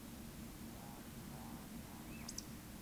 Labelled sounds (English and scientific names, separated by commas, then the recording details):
Eurasian Woodcock (Scolopax rusticola) whistle, Eurasian Woodcock (Scolopax rusticola) croak
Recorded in Baden-Württemberg, Germany, on 14 May 2021 at 19:38 UTC
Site 25175, 602 m above sea level